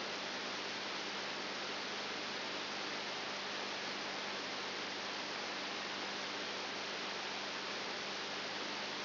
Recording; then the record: brain microelectrode recording played as sound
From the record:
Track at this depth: outside the subthalamic nucleus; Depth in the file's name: 7.5 mm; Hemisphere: right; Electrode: 2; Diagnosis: Parkinson's disease